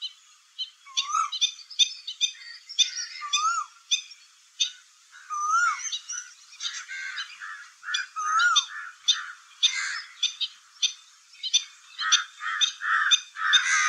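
Stilt calls, a chattering stream of sharp yapping notes from several birds, with some rising-and-falling whistled notes and hoarse lower calls.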